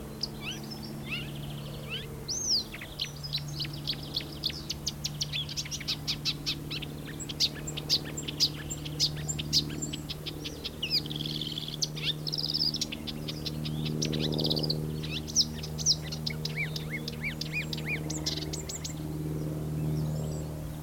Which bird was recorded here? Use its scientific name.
Acrocephalus palustris